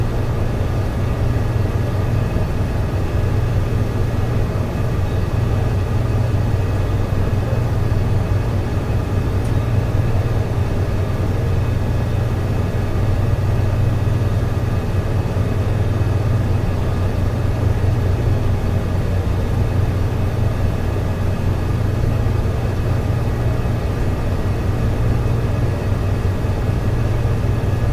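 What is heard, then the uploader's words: Kitchen room tone: a steady, unchanging low hum and rumble, like appliances running, with a faint airy hiss above and no distinct events. Kitchen Room Tone. Step into an off-hours commercial kitchen with this soothing episode that captures the ambient sounds of a quiet culinary workspace.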